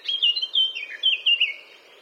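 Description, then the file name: Eurasian blackcap giving a brief, clear fluted song phrase of loud whistled notes that dip and slide, trailing off quickly. "Sylvia atricapilla"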